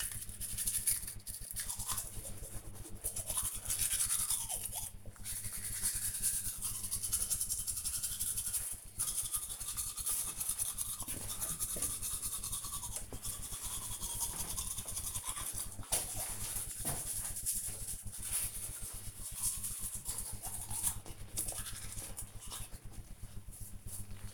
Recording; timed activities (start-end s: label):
household activities, microphone on the right wrist
0.00-24.34 s: brushing teeth